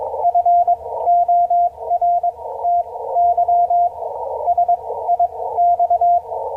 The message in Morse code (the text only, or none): FORTY SIX